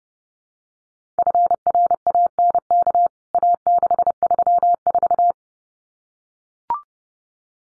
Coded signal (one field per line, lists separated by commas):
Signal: Morse code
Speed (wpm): 30 wpm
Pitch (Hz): 700 Hz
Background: none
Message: FRANK A634